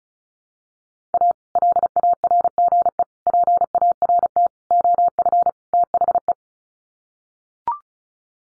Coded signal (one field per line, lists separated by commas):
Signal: Morse code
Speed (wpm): 34 wpm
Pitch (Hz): 700 Hz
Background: none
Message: A LARGE PART OF THE